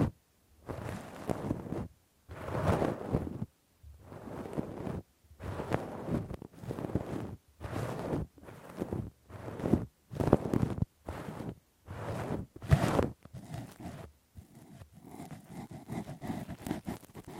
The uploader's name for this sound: Intense Rough Deep Ear Cleaning w Q-tip, Ear Pick